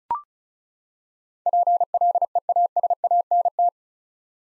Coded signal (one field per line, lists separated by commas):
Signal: Morse code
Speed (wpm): 34 wpm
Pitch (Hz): 700 Hz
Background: none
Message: PLEASANT